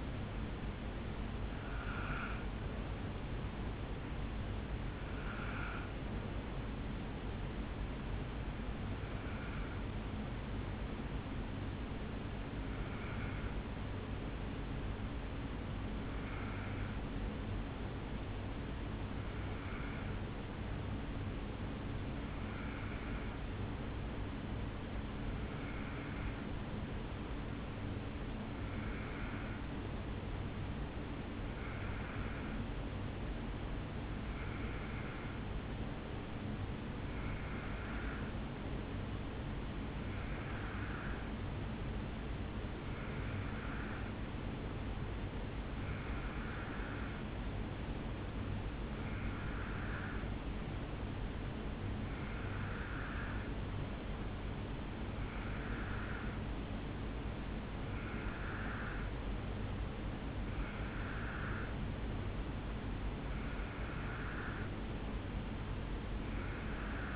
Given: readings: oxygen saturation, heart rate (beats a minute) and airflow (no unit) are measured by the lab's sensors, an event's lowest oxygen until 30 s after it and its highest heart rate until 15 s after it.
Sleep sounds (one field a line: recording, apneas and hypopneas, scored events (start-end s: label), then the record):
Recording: breathing in sleep by a voice recorder at the bedside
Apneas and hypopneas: 1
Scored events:
5.00-67.16 s: new sleep stage, N2 (light sleep)
13.00-54.60 s: hypopnea (N2, oxygen 96% highest, then 91% lowest, heart rate 54 at the start, 67 highest)
From the record:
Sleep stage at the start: N1 (lightest sleep)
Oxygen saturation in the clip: 88 to 96%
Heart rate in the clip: 53 to 67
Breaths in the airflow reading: 21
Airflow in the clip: -4.2 to 4.3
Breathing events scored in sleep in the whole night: 449 in 7.0 hours asleep